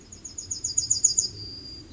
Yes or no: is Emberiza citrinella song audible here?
yes